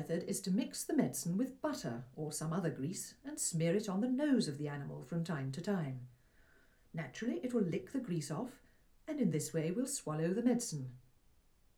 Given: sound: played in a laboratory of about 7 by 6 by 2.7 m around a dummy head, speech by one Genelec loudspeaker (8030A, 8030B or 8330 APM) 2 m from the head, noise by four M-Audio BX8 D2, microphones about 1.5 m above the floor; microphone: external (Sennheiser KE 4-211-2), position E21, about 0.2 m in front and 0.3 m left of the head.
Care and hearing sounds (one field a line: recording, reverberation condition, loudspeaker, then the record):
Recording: female speech in English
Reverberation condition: low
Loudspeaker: 60 degrees to the right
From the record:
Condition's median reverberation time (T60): about 310 ms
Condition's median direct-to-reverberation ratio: about 3.5 dB